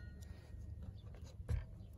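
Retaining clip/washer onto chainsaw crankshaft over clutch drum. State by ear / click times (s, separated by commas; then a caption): not seated / none. During reassembly after a clutch replacement on a Stihl MS210 chainsaw, a retaining clip or washer is handled and pushed onto the crankshaft over the clutch drum. There is low rumbling handling noise with a few small knocks and a louder thump near 1.5 s. Nothing has seated or clicked yet.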